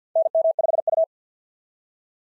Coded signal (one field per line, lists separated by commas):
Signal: Morse code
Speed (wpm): 45 wpm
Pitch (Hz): 660 Hz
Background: none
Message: NM5U